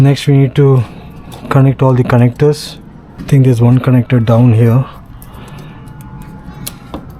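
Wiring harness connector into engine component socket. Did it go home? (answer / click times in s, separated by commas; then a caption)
yes / 6.7 s. Someone talks while reaching down to plug a lower wiring harness connector back into an engine component socket on a 7th-generation Celica, during OCV filter removal and cleaning. After the talking, a few small handling clicks are heard, then a loud, sharp click at 6.7 s as the connector seats in place.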